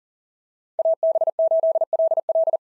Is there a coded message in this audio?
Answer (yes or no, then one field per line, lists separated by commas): yes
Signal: Morse code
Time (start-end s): 0.8-2.6 s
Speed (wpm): 40 wpm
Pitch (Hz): 650 Hz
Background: none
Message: AB8LL